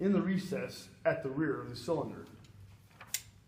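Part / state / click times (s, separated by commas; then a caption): gas cylinder into machine gun receiver, held by locking spring / seated / 3.1 s. During M249 machine gun reassembly, the steel gas cylinder is inserted fully into the receiver and rotated until its locking spring clicks into the recess at the rear of the cylinder. Someone talks through the first two seconds, then a few faint ticks lead to a sharp metallic click at 3.1 s as the spring seats and holds the cylinder in place.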